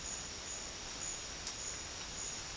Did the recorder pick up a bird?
no